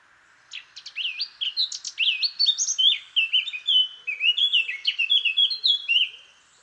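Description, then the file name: Eurasian blackcap song: a chattering start that grows into a rich, fluting warble of repeated whistled phrases, sustained for around six seconds. "Sylvia atricapilla"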